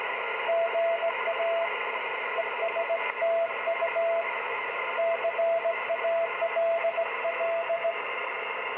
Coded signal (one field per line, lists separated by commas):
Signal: Morse code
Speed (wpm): 18 wpm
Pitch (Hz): 670 Hz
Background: radio noise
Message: GA ESTU CALL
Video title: YL3AJT CW QSO TS130S #py1ax #cw ##dx